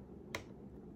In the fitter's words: click so we can get it to the exact magnification that we want